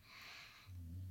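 A breathy, airy rush of breath gives way after about half a second to a low, steady buzzing rattle, the throaty vibration of a snore. It is heard at a distance, in the background of a quiet room.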